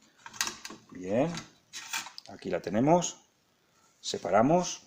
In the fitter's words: hay que pulsar aquí le hace un click la placa sale hacia arriba